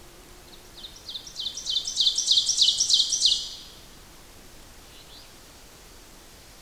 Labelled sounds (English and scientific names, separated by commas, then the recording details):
Ovenbird (Seiurus aurocapilla) song
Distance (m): 15 m
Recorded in boreal forest in Alberta, Canada, on 8 June 2016 at 08:40
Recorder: SongMeter 3, array SBT-3-9
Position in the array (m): 165 m, 150 m
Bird 35